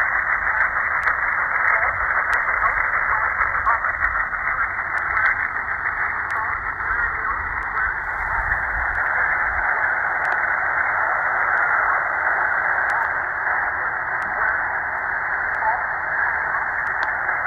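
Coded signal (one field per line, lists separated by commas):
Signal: numbers station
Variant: E11 Oblique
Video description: 4505 kHz USB - E11 "Oblique" Numbers Station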